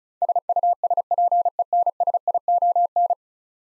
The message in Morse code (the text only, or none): SUSPENSION